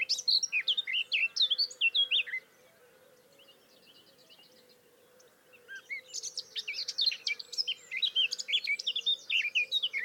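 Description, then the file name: Eurasian blackcap song: a rapid warbled phrase, a quiet stretch with a soft trill, then a second, denser burst of chattering and whistled notes. "Sylvia atricapilla"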